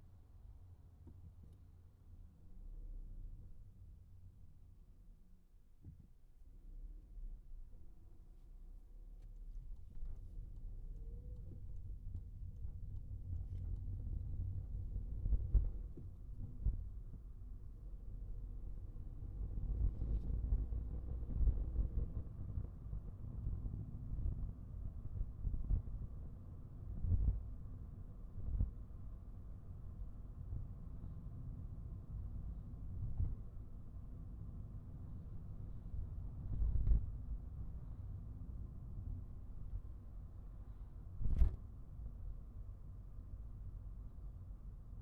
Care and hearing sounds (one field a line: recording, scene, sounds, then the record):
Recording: everyday scene through a hearing-aid microphone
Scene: in a vehicle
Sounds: engine, highway traffic jam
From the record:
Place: Skoda Fabia, gasoline engine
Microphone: behind the ear, right, front